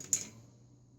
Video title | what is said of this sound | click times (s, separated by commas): I couldn't fix this floppy drive... | listen for the click. That means that the screw's going in. | 0.1 s